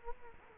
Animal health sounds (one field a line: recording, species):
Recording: mosquito wingbeat signal from an infrared sensor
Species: Culex quinquefasciatus